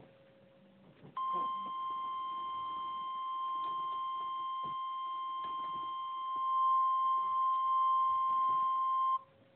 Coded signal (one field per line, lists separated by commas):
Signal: Emergency Alert System (SAME) tones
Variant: 1050 Hz attention tone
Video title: EAS Scenario- Supervillain Catastrophe part 1: Trouble in Los Angeles (Read Description)